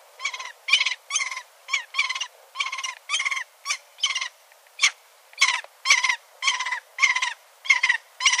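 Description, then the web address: Lanner falcon giving harsh, chattering call notes in a rapid series, about two per second, each note rough and clipped, with brief uneven gaps between them. "sound Lanner-falcon. صدای-پرنده-لاچين"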